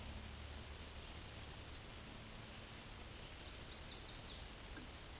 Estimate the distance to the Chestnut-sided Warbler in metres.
about 75 m